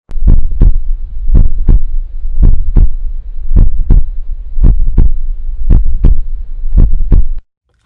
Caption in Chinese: 那现在放的是正常的心音。 第一段那个正常的心音，其实就叫做干净利落。 我们讲心跳声就扑通扑通，很 干脆，很干脆，中间不拖泥带水。